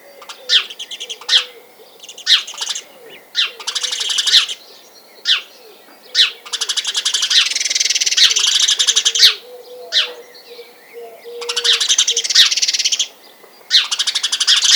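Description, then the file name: House sparrow calls: single sharp chirps alternating with longer fast chattering bursts, over a faint low wavering tone. "Passer domesticus"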